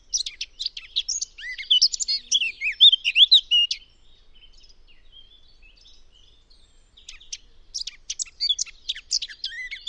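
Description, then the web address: Eurasian blackcap singing a rapid, high warbling phrase of varied chirps and whistles, pausing about three seconds, then starting another scratchy warble. "cianscape birddata Deverinetal 2025"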